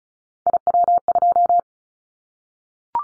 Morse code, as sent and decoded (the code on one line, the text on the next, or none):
.. .-- ..---
IW2